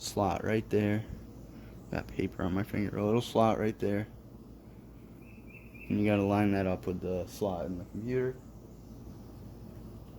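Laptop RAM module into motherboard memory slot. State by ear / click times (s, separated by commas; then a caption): not seated / none. A RAM module is lined up by its notch with the key in the motherboard memory slot of a Dell Latitude E6330 laptop before being set in. Someone talks throughout over a low background hiss. The module has not seated or clicked yet.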